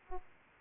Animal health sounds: mosquito wingbeat signal from an infrared sensor; Aedes aegypti

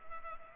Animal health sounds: mosquito wingbeat signal from an infrared sensor; Culex pipiens

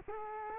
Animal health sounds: mosquito wingbeat signal from an infrared sensor; Culex quinquefasciatus

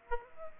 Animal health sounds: mosquito wingbeat signal from an infrared sensor; Aedes aegypti

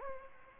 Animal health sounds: mosquito wingbeat signal from an infrared sensor; Aedes aegypti

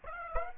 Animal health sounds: mosquito wingbeat signal from an infrared sensor; Aedes aegypti

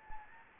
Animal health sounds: mosquito wingbeat signal from an infrared sensor; Anopheles gambiae

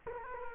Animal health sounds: mosquito wingbeat signal from an infrared sensor; Culex quinquefasciatus

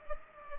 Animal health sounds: mosquito wingbeat signal from an infrared sensor; Culex pipiens

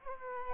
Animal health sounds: mosquito wingbeat signal from an infrared sensor; Culex quinquefasciatus

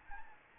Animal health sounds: mosquito wingbeat signal from an infrared sensor; Anopheles gambiae

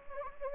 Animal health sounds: mosquito wingbeat signal from an infrared sensor; Anopheles gambiae

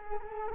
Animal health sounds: mosquito wingbeat signal from an infrared sensor; Culex quinquefasciatus

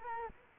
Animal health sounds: mosquito wingbeat signal from an infrared sensor; Culex quinquefasciatus

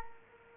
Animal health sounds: mosquito wingbeat signal from an infrared sensor; Culex quinquefasciatus

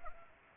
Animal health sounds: mosquito wingbeat signal from an infrared sensor; Anopheles gambiae

